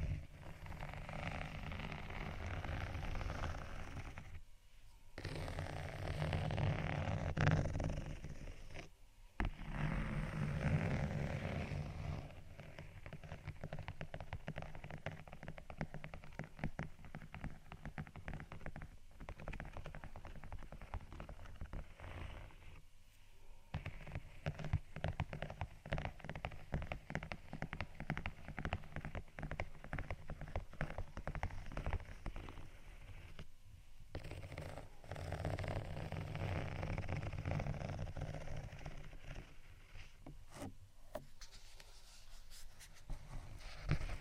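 Scratching and tapping on textured items runs almost continuously over a low beat, broken by brief silent gaps near 5, 9, 23, 34 and 41 seconds.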